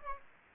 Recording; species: mosquito wingbeat signal from an infrared sensor; Aedes aegypti